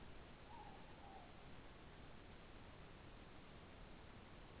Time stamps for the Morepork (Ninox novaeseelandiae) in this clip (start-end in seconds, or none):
0.32-1.34